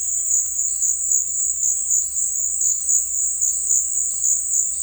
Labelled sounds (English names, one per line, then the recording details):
none
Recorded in dense forest near Puerto Asís, Putumayo, Colombia, on 18 February 2024 at 16:30
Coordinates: 0.484, -76.317
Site G6464